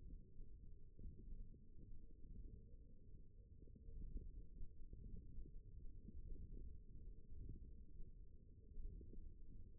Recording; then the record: forearm muscle sounds (acoustic myography)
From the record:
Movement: radial deviation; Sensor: system 1, eight BSWA MPA416 microphones around the upper forearm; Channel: 4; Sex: female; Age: 21 years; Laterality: right